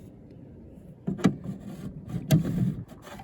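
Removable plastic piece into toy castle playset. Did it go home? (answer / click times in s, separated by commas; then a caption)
no / none. A removable plastic piece of a toy castle playset is taken out and put back, with scraping and rubbing handling noise and two sharp plastic knocks near 1.3 s and 2.3 s. The piece fails to click into place, and nothing has seated or clicked.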